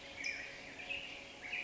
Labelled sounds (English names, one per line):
California Towhee